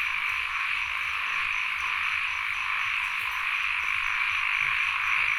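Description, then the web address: Frogs and insects form a steady buzzing drone, dense and even throughout. Field recording, frogs and insects together, at Sen Monorom, Cambodia. "NOISE ON EARTH Vol 1 CAMBODIA Les Cartes Postales Sonores - Insects Frogs of Sen Monorom"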